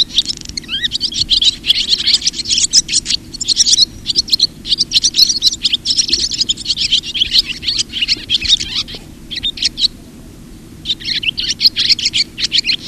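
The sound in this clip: Barn swallow twittering, fast high chattering notes in dense bursts, pausing briefly near ten seconds before resuming, over a steady low hum.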